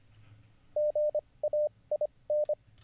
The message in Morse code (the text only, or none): GAIN